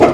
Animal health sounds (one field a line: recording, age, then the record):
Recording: pig call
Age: growing-finishing pig (85 days or more)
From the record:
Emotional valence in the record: positive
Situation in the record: run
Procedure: transit